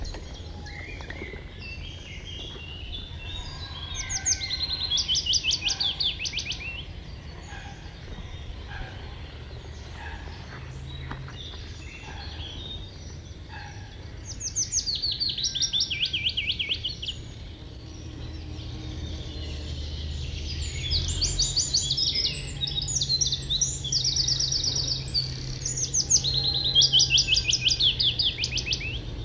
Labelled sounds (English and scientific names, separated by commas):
Willow Warbler (Phylloscopus trochilus) song